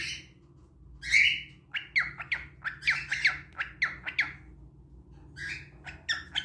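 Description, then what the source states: Cockatiel giving a rapid series of sharp, squawky chirps in bursts, with a short pause midway and a faint low hum underneath. Recording intended for cockatiel training.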